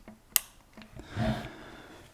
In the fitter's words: cable lined up and then press it in and until it clicks